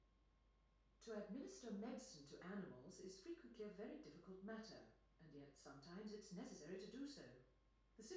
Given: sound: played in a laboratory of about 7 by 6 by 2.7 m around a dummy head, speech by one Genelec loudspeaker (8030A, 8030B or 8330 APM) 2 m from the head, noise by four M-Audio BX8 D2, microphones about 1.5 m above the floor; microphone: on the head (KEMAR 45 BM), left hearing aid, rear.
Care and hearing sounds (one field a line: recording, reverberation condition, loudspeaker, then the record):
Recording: female speech in English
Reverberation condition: medium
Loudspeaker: 60 degrees to the right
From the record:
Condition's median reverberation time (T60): about 510 ms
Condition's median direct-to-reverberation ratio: about -0.5 dB